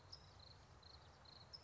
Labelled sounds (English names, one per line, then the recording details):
California Towhee
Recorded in Sonoma County, California